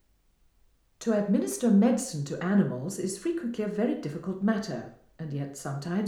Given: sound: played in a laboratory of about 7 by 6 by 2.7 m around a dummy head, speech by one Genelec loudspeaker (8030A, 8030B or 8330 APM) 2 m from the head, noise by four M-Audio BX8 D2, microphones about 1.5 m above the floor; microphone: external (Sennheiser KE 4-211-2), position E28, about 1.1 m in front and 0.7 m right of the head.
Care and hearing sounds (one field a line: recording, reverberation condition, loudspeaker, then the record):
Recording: female speech in English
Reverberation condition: medium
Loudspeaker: in front (0 degrees)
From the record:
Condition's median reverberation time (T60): about 510 ms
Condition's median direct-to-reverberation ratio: about -0.5 dB